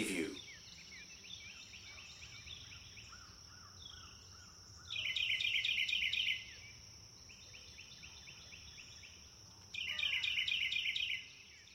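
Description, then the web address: Birds chirping: soft repeated slurred notes, then two loud bursts of rapid high twitters, with quieter down-slurred whistles between them and a faint steady hum beneath. Forest birds chirping. "sound-effects-bible Forest Birds Chirp"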